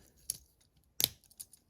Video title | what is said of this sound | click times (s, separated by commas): DR. WU DW-E23 Tactical Commander (G1 Ultra Magnus) Review | Snaps into place. | 0.3 s, 1.0 s